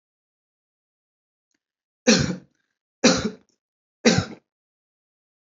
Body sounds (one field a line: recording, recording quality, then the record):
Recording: heavy voluntary cough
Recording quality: excellent, no background noise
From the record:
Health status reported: healthy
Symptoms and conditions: none ticked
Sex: male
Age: 47 years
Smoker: yes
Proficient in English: yes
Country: India